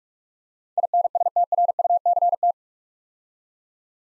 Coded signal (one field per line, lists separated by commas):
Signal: Morse code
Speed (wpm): 44 wpm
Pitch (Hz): 700 Hz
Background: none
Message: INSTRUCT